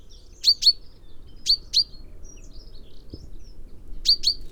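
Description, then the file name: Common Chaffinch calls: bright, clipped high notes doubled in quick succession, three doublets with a brief low thump midway and soft background rumble. "Fringilla coelebs"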